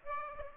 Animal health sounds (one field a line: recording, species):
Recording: mosquito wingbeat signal from an infrared sensor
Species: Aedes aegypti